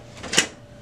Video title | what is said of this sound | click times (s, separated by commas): Canon Color Image Class LBP654cdw - How to Change Toner Cartridge - Onyx imaging | shut that once you hear it click | 0.4 s